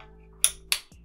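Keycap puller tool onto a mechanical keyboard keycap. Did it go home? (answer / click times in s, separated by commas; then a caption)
yes / 0.4 s, 0.7 s. A wire keycap puller is slipped down over a plastic keycap on a Razer BlackWidow V3 Pro mechanical keyboard, during a swap to SteelSeries PrismCaps keycaps. Its prongs hook underneath the keycap with two sharp, bright plastic clicks at 0.4 s and 0.7 s over a faint steady low hum. The puller is seated on the keycap.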